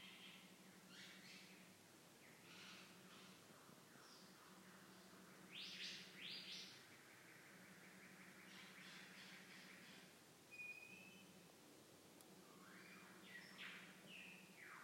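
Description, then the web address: Lyrebird song: scattered varied notes and chirps, with louder rich bursts near six seconds and a brief pure whistle near eleven seconds, over an intermittent low hum. Recorded 25 April 2021. "2021 04 lyrebird 25 04 21"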